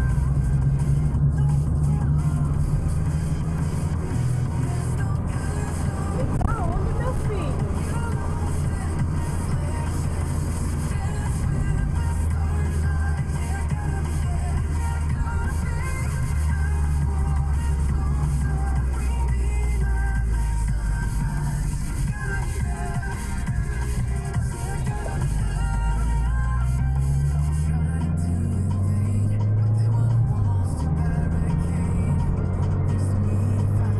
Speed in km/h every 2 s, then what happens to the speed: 50, 54, 56, 55, 55, 54, 51, 50, 47, 40, 31, 22, 16, 20, 28, 38, 50.
0-9 steady at about 55. 9-25 slows to 16. 25-34 speeds up to 50.